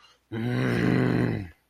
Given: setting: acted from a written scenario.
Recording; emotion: vocal sound without words; anger